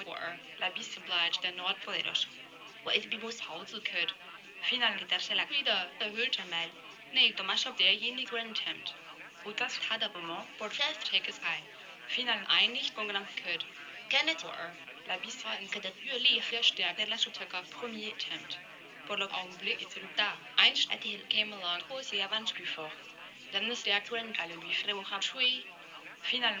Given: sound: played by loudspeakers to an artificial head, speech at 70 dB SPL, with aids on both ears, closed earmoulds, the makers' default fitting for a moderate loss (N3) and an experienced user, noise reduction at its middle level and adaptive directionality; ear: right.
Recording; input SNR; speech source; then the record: speech test signal (ISTS) in cocktail-party noise; +9 dB; in front (0 degrees)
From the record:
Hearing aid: class 1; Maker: G